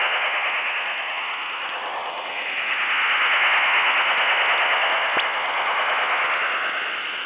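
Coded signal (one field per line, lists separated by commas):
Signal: HF data modem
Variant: STANAG 4285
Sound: steady wide rushing hiss-like data signal with a faint rhythmic texture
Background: radio static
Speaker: The next two examples will show the performance of the Stark 4285 decoder with two stations, one from Rionong and one from New Calonia. The recordings are in real time.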